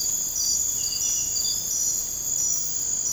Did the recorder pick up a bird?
no